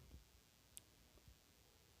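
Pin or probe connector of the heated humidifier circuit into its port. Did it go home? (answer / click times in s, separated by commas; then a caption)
yes / 0.8 s. A pin or probe connector of the heated humidifier circuit is pressed into its port while a High Flow Nasal Cannula (HFNC) circuit is fitted to a Mindray SV 300 ventilator. A single sharp click at 0.8 s stands out against low background noise, with a few faint soft bumps before and after. The connector seats with that click.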